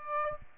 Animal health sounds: mosquito wingbeat signal from an infrared sensor; Aedes aegypti

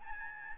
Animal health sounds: mosquito wingbeat signal from an infrared sensor; Aedes albopictus

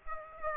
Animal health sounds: mosquito wingbeat signal from an infrared sensor; Aedes aegypti

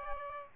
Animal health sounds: mosquito wingbeat signal from an infrared sensor; Aedes albopictus

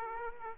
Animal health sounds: mosquito wingbeat signal from an infrared sensor; Aedes aegypti

